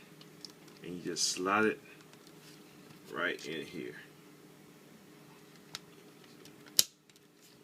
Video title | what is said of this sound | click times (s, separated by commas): Review Toyworld TW H01 Hardbone (Hardhead) | locks into place there | 6.8 s